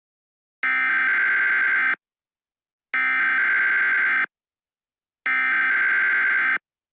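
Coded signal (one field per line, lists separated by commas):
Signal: Emergency Alert System (SAME) tones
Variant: header bursts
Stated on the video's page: Fictional EAS scenario, a simulated alert rather than a real broadcast.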